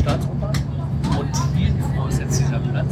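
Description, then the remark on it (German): Steady low engine drone and road rumble inside a moving city bus in Berlin, with voices talking over the constant hum. “Ist das immer so, wenn du Bus fährst?”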